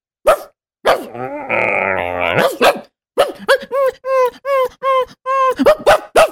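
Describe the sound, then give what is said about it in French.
A 25-year-old young man's voice imitates a crying dog: a long, wavering whine and growl, then a steady run of short, high-pitched whimpering yelps, loud and with no other talk. “Il vous émotionnera avec son jeune homme de 25 ans qui imite un chien.”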